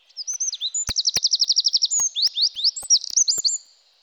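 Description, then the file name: Eurasian wren singing a loud, fast trill of rapid repeated notes between quick whistled flourishes, with a few sharp clicks scattered through. "Troglodyte mignon"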